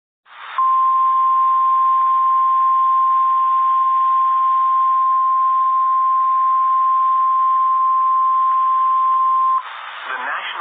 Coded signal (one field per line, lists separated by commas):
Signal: Emergency Alert System (SAME) tones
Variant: 1050 Hz attention tone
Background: speech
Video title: Noaa weather radio: Severe thunderstorm warning